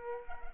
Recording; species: mosquito wingbeat signal from an infrared sensor; Culex pipiens